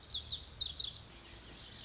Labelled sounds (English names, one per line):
Lazuli Bunting